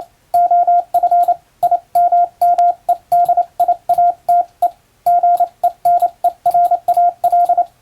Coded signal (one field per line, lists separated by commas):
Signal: Morse code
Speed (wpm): 28 wpm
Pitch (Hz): 700 Hz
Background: radio noise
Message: OF IMMEDIATE GENERAL